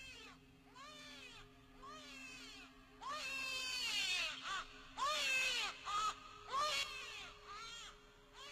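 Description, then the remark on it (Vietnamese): An infant wails in a series of short, rising-and-falling cries that grow louder and more insistent after a few seconds, over a steady low hum, at night, along with knocking on a door. “Đang lúc không hiểu chuyện gì xảy ra thì tiếng gõ cửa và tiếng trẻ con khóc lại vang lên trong đêm tối.”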